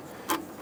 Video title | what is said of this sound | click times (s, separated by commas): How to Replace Front ABS Speed Sensors 2011-2021 Jeep Grand Cherokee | press it in so you feel it snap into place and then press it on that red lock tab | 0.3 s